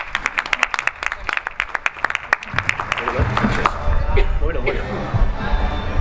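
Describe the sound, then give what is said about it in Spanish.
An audience applauds to welcome a speaker at a talk, beginning with a few sharp, separate claps that quickly thicken into steady, fuller clapping, with some murmuring voices mixed in toward the end. “Así que nada, un aplauso para ella también.”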